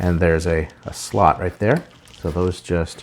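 Someone talks while handling a transforming robot toy figure, bringing its plastic tabs toward a slot they are meant to be pushed into so they hold. Only speech is heard, with no distinct contact sounds, and nothing has seated or clicked yet.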